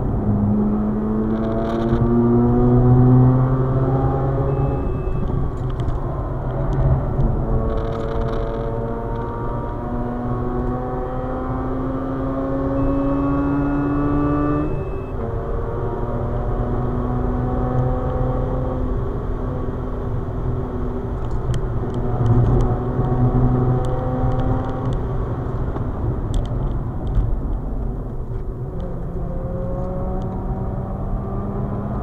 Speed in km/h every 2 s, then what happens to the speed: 105, 120, 107, 96, 107, 118, 130, 138, 146, 143, 140, 148, 121, 75, 82, 88.
0-3 speeds up to 120. 3-6 brakes to 96. 6-15 speeds up to 146. 15-23 steady at about 143. 23-26 brakes to 75. 26-32 speeds up to 88.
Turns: 25-32.